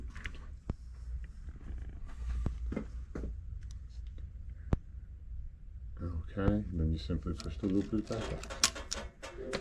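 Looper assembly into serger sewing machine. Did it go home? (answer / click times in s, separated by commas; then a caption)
yes / 8.9 s. Someone talks while the loopers of a serger sewing machine, dropped down for threading, are pushed back up into their working position. The looper assembly snaps into place with a sharp click at 8.9 s, seating it.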